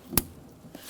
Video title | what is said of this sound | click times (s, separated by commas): How to Replace Front Power Window Regulators 2000-2007 Ford Focus | push until you hear a click | 0.2 s